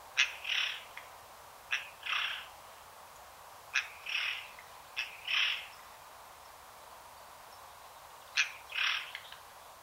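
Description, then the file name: Eurasian Jay repeating paired calls, a crisp click followed by a short harsh rasp, five pairs at irregular intervals over a faint hiss. "Garrulus glandarius"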